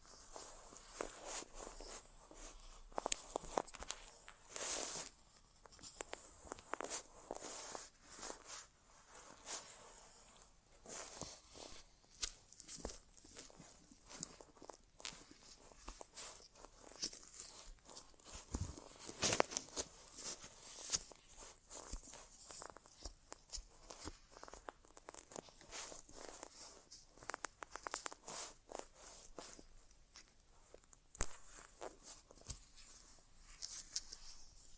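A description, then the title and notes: An ASMR inner ear exam without talking: dense, irregular scratchy rustles and taps with bright hiss, crackling constantly, sharper bursts around 19 seconds. ASMR Inner Ear Exam (No Talking).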